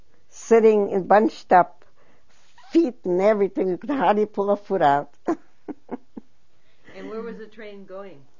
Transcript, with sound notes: sitting bunched up, feet and everything. We hardly put a foot out. ( she laughs )
And where was the train going?